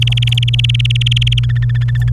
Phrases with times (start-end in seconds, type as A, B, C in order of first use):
0.01-1.40 A, 1.43-2.10 B